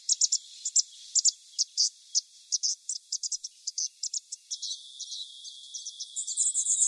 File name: yellow Thornbill